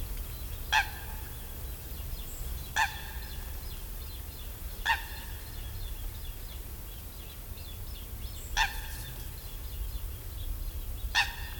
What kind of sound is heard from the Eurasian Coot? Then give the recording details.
call. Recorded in the wild. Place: Mühlenbecker See, Brandenburg, DE. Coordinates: 52.27, 13.01. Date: 1995-07-29 19:00. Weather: heiter, 24°C. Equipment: Sony WM-D6C, Sennheiser ME 80, Kopie Uher 4000 Report Monitor. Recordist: Tembrock, Günter